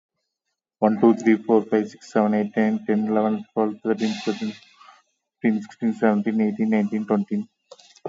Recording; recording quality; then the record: counting at a fast pace; excellent, no background noise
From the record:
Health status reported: exposed to COVID-19, no respiratory illness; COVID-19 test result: negative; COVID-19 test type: RT-PCR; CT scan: taken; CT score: 7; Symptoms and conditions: loss of smell and taste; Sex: male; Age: 33 years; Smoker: no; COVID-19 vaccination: one dose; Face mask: worn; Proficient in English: yes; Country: India